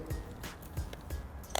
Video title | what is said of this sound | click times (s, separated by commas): Are You Wearing The Right Belt?? -- Men's Fashion -- Gent's Lounge | clicks into place. | 0.9 s, 1.6 s